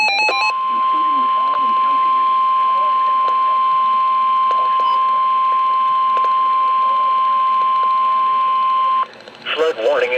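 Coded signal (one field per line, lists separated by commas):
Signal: Emergency Alert System (SAME) tones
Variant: 1050 Hz attention tone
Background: speech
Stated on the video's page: EAS alerts via NOAA weather radio during a flash flood risk.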